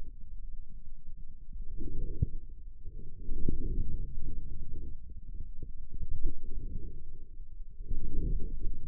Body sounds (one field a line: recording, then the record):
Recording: forearm muscle sounds (acoustic myography)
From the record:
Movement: inward rotation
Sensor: system 2, bracelet of six BSWA MPA416 microphones around the upper forearm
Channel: 6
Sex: male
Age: 22 years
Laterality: right